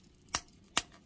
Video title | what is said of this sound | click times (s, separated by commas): NewAge Toys Legends Class H41B BODHI Shattered Glass Beachcomber Review. (Cybertron Hardtop) | this little the roll bar whatever is on a slider you push that down until it snaps | 0.3 s, 0.8 s